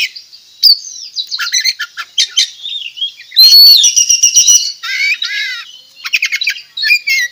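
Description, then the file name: Oriental magpie-robin in fast varied song: stuttering chattered trills, a sweet rising whistle midway, then buzzy rapid note series. From Tretes; singing actively. "Tembakan Kacer Tretes Gacor"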